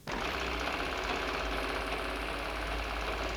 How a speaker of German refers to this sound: Eine Nähmaschine surrt und rasselt.